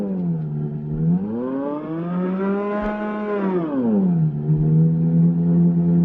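An original 1921 recording of a futurist noise machine created by Luigi Russolo's brother: a loud, buzzing harmonic drone that glides upward in pitch, holds, then slides back down, over a low rough rumble, with no voices.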